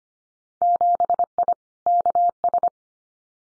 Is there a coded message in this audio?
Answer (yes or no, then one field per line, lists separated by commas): yes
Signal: Morse code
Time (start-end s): 0.6-2.7 s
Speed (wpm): 25 wpm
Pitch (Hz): 700 Hz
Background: none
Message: 7I KS